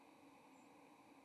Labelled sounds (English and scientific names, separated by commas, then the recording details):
White-throated Sparrow (Zonotrichia albicollis) flight call
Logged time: 06:53 on 30 October 2014